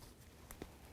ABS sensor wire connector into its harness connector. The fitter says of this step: Listen for a click.